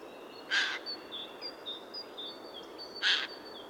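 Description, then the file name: Eurasian jay screeching twice, harsh and raspy, two and a half seconds apart, over a backdrop of high whistled songbird notes. "Garrulus glandarius"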